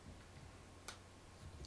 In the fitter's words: need to apply some side pressure to is just get it to snap into place with